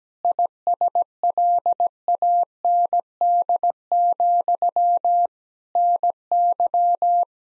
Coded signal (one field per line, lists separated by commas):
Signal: Morse code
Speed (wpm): 17 wpm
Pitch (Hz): 700 Hz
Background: none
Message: ISLAND, NY